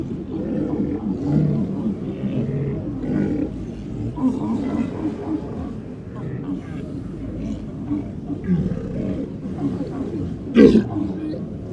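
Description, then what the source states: Walrus grunts and roars, a dense low rumbling throughout, with one sharper loud bellow near the end. Recorded in Svalbard.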